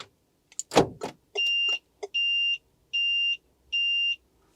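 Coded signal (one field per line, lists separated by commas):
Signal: beep code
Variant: card-key car alarm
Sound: mechanical clicks and a thud, then four evenly spaced steady high beeps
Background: car interior clicks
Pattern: 4 long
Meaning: Four beeps confirm the tilt and volumetric sensors are deactivated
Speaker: so now we've got four beeps and that means you're tilting same side it's deactivated now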